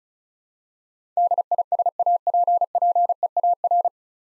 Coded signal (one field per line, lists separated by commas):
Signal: Morse code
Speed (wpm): 34 wpm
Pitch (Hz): 700 Hz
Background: none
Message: DISAPPEAR